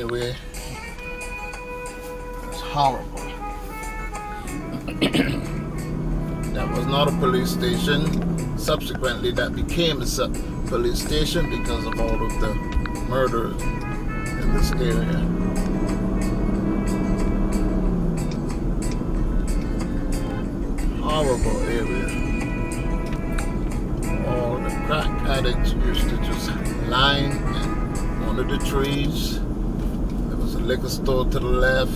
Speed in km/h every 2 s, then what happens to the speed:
5, 0, 0, 18, 24, 27, 29, 31, 39, 44, 45, 45, 47, 48, 48, 47.
1-4 standing. 4-26 pulls away to 48. 26-32 steady at about 48.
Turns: none.